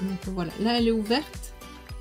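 A leopard-print hair claw clip is held open while someone talks, with a brief sharp tap near 1.9 seconds. The plastic clasp has not yet been closed, so nothing has clicked shut yet.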